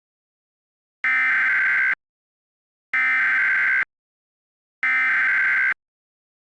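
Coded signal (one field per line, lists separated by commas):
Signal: Emergency Alert System (SAME) tones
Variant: header bursts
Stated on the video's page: Fictional what-if EAS scenario using valid tones.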